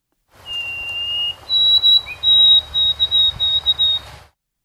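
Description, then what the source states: White-throated Sparrow song: a long pure whistle, then a higher note held in a few long pieces, followed by a rapid series of several short whistled notes at that same pitch ending the phrase. Original song version with a three-note ending, from citizen-science recordings.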